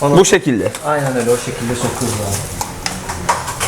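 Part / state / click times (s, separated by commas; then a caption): motorcycle component being fitted during repair / partly seated / 2.9 s. During a motorcycle repair, someone talks while a motorcycle part is pressed into place, and a short metallic knock is heard at 2.9 s. The part does not fully seat and stays only partly in place.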